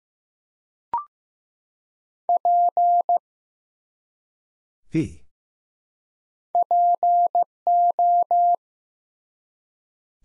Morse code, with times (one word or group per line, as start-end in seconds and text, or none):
2.3-3.2 P
6.5-8.6 PO